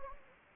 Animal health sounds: mosquito wingbeat signal from an infrared sensor; Anopheles gambiae

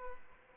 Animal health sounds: mosquito wingbeat signal from an infrared sensor; Aedes albopictus

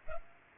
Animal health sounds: mosquito wingbeat signal from an infrared sensor; Culex pipiens

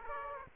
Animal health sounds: mosquito wingbeat signal from an infrared sensor; Aedes aegypti

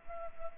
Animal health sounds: mosquito wingbeat signal from an infrared sensor; Culex pipiens

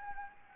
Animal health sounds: mosquito wingbeat signal from an infrared sensor; Anopheles gambiae

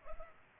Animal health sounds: mosquito wingbeat signal from an infrared sensor; Culex pipiens

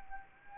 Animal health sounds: mosquito wingbeat signal from an infrared sensor; Anopheles arabiensis

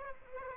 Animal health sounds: mosquito wingbeat signal from an infrared sensor; Aedes aegypti

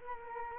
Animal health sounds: mosquito wingbeat signal from an infrared sensor; Culex quinquefasciatus

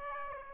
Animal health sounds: mosquito wingbeat signal from an infrared sensor; Aedes aegypti

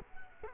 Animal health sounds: mosquito wingbeat signal from an infrared sensor; Culex quinquefasciatus

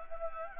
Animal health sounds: mosquito wingbeat signal from an infrared sensor; Anopheles gambiae

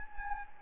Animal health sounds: mosquito wingbeat signal from an infrared sensor; Anopheles gambiae

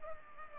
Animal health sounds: mosquito wingbeat signal from an infrared sensor; Culex pipiens

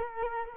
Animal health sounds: mosquito wingbeat signal from an infrared sensor; Culex quinquefasciatus

